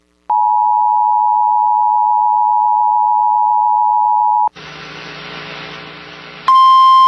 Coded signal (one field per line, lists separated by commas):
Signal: Emergency Alert System (SAME) tones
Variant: 853 and 960 Hz attention tone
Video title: Alabama Please! | EAS Alerts from January 3rd, 2023 (EAS #2149-2168)